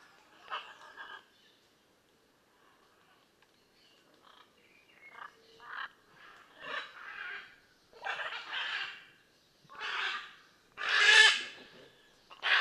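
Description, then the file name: Blue-and-yellow macaw calling with rough, raspy squawks that start sparse and grow louder and more frequent toward the end. "Blue and yellow Macaw Ara ararauna"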